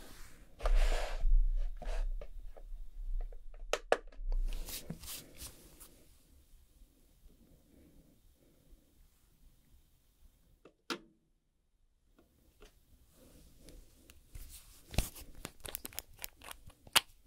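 Sounds of nail work: sharp clicks and taps, short scraping and filing strokes, with a louder rustling burst in the first five seconds. After a quieter stretch with faint low murmuring, crisp taps and clicks return near the end.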